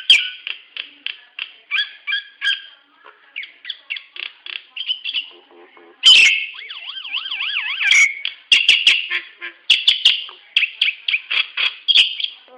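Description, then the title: Nias hill myna repeating clipped chirps, broken midway by a loud burst and a wavering, siren-like warble, then more rapid chirping. "Burung jalak nias"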